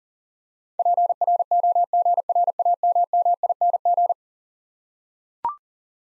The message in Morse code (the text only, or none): PROGRAMMING